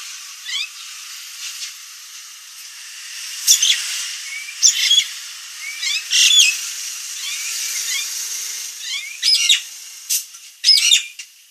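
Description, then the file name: Nias hill myna singing a varied string of whistled slurs, buzzy notes and sharp squeaks. Described as gacor, a lively and persistent singing style, with a noisy, loud voice. "Kicau Jalak Nias Gacor Suara Berisik"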